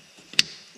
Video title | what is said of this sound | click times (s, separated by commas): How To Replace Your Spark Plugs On Your Can-Am Maverick X3 | there you go hear the click it's good sit that down don't forget your ground | 0.4 s